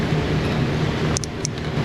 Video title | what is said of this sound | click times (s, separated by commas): C250 CAN, Camry, Escape, Sedona, Diagnosis, DAY 566 in the shop #auto #repair | make sure they're fully seated you'll hear hear four clicks if they're all the way in and you'll see the metal | 1.2 s, 1.4 s